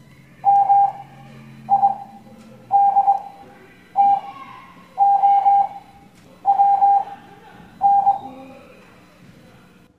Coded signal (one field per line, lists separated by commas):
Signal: Morse code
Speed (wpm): 21 wpm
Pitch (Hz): 800 Hz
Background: none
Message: MIDTOWN